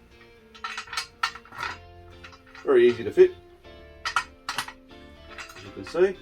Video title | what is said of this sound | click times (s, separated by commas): How To Assemble The Senator Ergonomic Office Chair - BuyDirectOnline.com.au | top on this spindle that clicks into the vase | 1.2 s